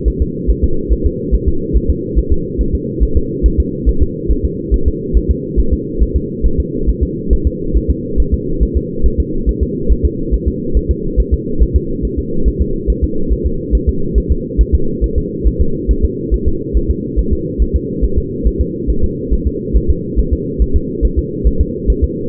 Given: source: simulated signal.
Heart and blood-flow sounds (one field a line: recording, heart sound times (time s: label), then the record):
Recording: fetal heart sounds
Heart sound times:
0.08 s: S1
0.22 s: S2
0.50 s: S1
0.64 s: S2
0.93 s: S1
1.06 s: S2
1.35 s: S1
1.48 s: S2
1.76 s: S1
1.90 s: S2
2.19 s: S1
2.32 s: S2
2.61 s: S1
2.75 s: S2
3.03 s: S1
3.17 s: S2
3.46 s: S1
3.60 s: S2
3.89 s: S1
4.02 s: S2
4.31 s: S1
4.45 s: S2
4.74 s: S1
4.88 s: S2
5.17 s: S1
5.31 s: S2
5.60 s: S1
5.73 s: S2
6.03 s: S1
6.16 s: S2
6.46 s: S1
6.60 s: S2
6.89 s: S1
7.03 s: S2
7.33 s: S1
7.47 s: S2
7.77 s: S1
7.90 s: S2
8.20 s: S1
8.34 s: S2
8.63 s: S1
8.77 s: S2
9.06 s: S1
9.20 s: S2
9.49 s: S1
9.63 s: S2
9.92 s: S1
10.05 s: S2
10.34 s: S1
10.48 s: S2
10.77 s: S1
10.91 s: S2
11.20 s: S1
11.33 s: S2
11.62 s: S1
11.76 s: S2
12.05 s: S1
12.19 s: S2
12.48 s: S1
12.62 s: S2
12.90 s: S1
13.04 s: S2
13.32 s: S1
13.46 s: S2
13.75 s: S1
13.89 s: S2
14.18 s: S1
14.32 s: S2
14.61 s: S1
14.75 s: S2
15.04 s: S1
15.18 s: S2
15.47 s: S1
15.61 s: S2
15.91 s: S1
16.05 s: S2
16.34 s: S1
16.48 s: S2
16.77 s: S1
16.90 s: S2
17.19 s: S1
17.33 s: S2
17.62 s: S1
17.76 s: S2
18.05 s: S1
18.18 s: S2
18.47 s: S1
18.61 s: S2
18.90 s: S1
19.04 s: S2
19.33 s: S1
19.47 s: S2
19.77 s: S1
19.90 s: S2
20.19 s: S1
20.33 s: S2
20.62 s: S1
20.76 s: S2
21.05 s: S1
21.19 s: S2
21.47 s: S1
21.61 s: S2
21.90 s: S1
22.04 s: S2
From the record:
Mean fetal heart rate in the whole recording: 140 bpm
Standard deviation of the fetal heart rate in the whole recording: 2 bpm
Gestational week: 34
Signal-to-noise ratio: -8.1 dB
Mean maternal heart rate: 72 bpm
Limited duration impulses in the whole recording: absent